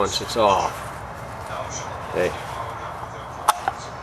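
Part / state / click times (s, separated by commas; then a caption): oil filter element into plastic filter housing cap / seated / 3.5 s, 3.7 s. During an oil change on a Mini Cooper Roadster, a paper oil filter element is pushed onto its plastic filter housing cap while someone talks. Two sharp clicks at 3.5 s and 3.7 s mark the element snapping into place, so it is seated.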